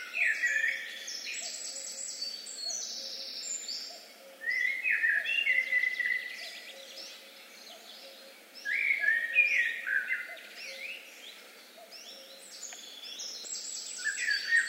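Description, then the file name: Eurasian blackbird song: three warbled, fluting phrases and the start of a fourth, with a faint repeated low piping note beneath. "Turdus merula"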